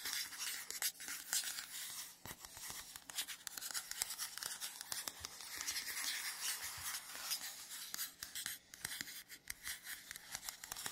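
Scratchy tapping on matte surfaces, a dense, busy stream of quick scrapes and taps with no pauses. The sound is bright and hissy, mostly high, with sharper clicks scattered throughout and a faint low steady hum underneath.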